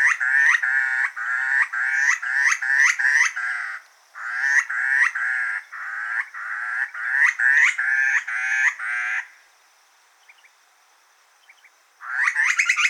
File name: grey butcherbird